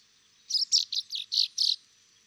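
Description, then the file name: Common chaffinch calls: six short, buzzy, high chirps in a steady run lasting about a second, with nothing else audible. "Fringilla coelebs"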